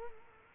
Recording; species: mosquito wingbeat signal from an infrared sensor; Culex quinquefasciatus